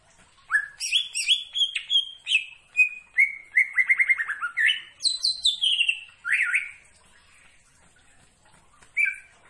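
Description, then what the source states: Greater green leafbird song of quick whistled slurs and high chirps, a stuttering trill in the middle, then fading to near silence before one last note. Singing actively.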